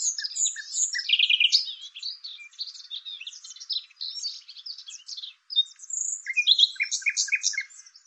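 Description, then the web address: Bird twittering steadily: fast, varied high chirps and squeaky notes run almost without pause for several seconds against a silent background. "cianscape birddata Deverinetal 2025 Bird Lu Me Lu Me"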